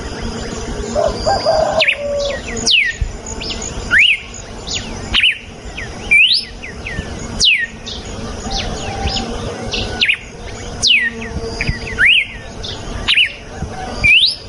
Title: Canto Galo Campina Fêmea 02. GALO DE CAMPINA CANTO NATURAL. galo de campina cantando. canto de galo de campina